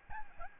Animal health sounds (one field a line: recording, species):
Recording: mosquito wingbeat signal from an infrared sensor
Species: Aedes albopictus